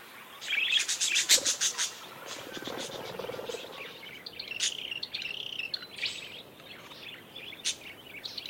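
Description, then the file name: Parakeet flock chatter, a rapid string of harsh chirps at the start, then scattered overlapping twittering calls continuing at a lower level. "suara kawanan burung parkit"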